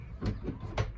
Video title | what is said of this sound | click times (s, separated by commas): 工具房基本完工啦！再铺上石子美化一下周围环境！ | 哎，这也卡住了。卡住了吗？卡住了。 | 0.8 s